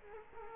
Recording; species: mosquito wingbeat signal from an infrared sensor; Culex quinquefasciatus